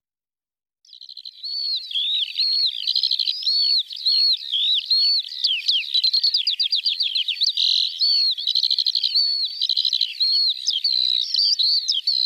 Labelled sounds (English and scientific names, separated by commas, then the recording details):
Eurasian Skylark (Alauda arvensis) song
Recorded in the wild
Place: Waltershofen / Freiburg im Breisgau, Baden-Württemberg, DE
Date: 1978-05-21
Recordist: Schwarz, Dieter